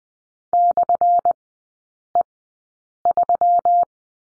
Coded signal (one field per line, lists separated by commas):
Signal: Morse code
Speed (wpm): 19 wpm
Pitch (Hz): 700 Hz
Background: none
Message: /E3